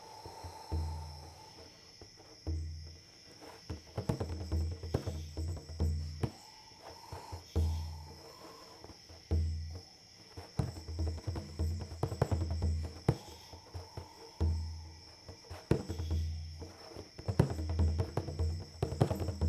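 Steady high cricket chirring runs throughout while deep drum beats pulse in repeated bursts, with rattling shaker strokes and gliding string or voice tones.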